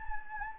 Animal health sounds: mosquito wingbeat signal from an infrared sensor; Anopheles gambiae

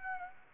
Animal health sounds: mosquito wingbeat signal from an infrared sensor; Aedes aegypti

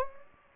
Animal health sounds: mosquito wingbeat signal from an infrared sensor; Anopheles gambiae

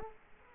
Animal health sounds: mosquito wingbeat signal from an infrared sensor; Culex quinquefasciatus

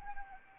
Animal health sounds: mosquito wingbeat signal from an infrared sensor; Anopheles arabiensis

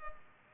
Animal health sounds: mosquito wingbeat signal from an infrared sensor; Culex pipiens

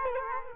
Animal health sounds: mosquito wingbeat signal from an infrared sensor; Culex quinquefasciatus

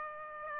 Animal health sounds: mosquito wingbeat signal from an infrared sensor; Aedes aegypti

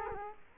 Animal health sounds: mosquito wingbeat signal from an infrared sensor; Culex quinquefasciatus

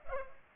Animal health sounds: mosquito wingbeat signal from an infrared sensor; Culex pipiens

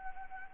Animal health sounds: mosquito wingbeat signal from an infrared sensor; Anopheles gambiae

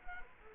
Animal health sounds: mosquito wingbeat signal from an infrared sensor; Culex quinquefasciatus

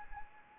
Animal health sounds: mosquito wingbeat signal from an infrared sensor; Anopheles arabiensis

